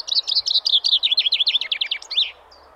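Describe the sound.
Common chaffinch song: a fast, bright trill of repeated notes that steps downward and ends in a brisk flourish, lasting about two seconds.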